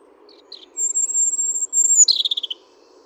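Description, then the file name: European robin song: a long, very high thin whistle held steady, then a fast descending rattling trill. "Erithacus rubecula"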